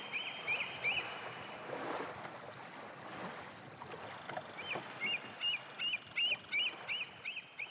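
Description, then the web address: Bald eagle chattering calls: high, piping notes repeated about three times a second, over a constant rushing background of water or wind. "soundandlightecologyteam. baldeagle"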